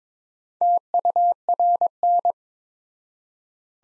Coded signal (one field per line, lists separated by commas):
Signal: Morse code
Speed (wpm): 21 wpm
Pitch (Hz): 700 Hz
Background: none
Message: TURN